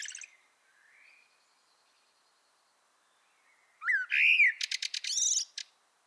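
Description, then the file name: Common blackbird giving a soft faint warble, a pause, then a louder rising fluted whistle followed by a burst of rapid high-pitched twittering. "Turdus merula"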